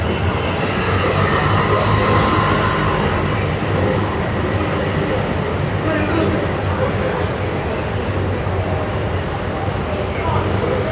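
Evening street sound on Via Moscova in Milan: a dense, steady low rumble of traffic that sounds rail-like, perhaps a tram, holding at an even level throughout. Faint scattered noises sit on top, and a thin high squeal appears near the end.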